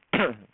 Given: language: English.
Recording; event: throat vibration sensor signal played as sound; throat clearing